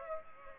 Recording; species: mosquito wingbeat signal from an infrared sensor; Aedes aegypti